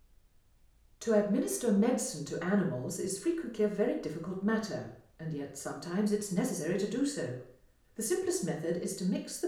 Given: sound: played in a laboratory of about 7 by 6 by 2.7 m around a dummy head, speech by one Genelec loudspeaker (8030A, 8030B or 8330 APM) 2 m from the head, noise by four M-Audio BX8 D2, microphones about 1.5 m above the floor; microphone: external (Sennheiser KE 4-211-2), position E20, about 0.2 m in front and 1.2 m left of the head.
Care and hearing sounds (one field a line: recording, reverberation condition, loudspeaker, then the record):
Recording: female speech in English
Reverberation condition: medium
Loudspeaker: 150 degrees to the left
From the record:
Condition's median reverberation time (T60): about 510 ms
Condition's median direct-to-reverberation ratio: about -0.5 dB